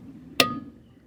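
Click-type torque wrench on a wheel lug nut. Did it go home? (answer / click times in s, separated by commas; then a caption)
yes / 0.4 s. A click-type torque wrench set to 100 ft-lb tightens a lug nut on a front wheel of a 2006–2019 Chevy Cruze during a brake pad install. A single sharp metallic click rings out at 0.4 s, with a brief high ringing tail that fades over about a quarter second above a low background hum. The click signals the lug nut has reached its set torque.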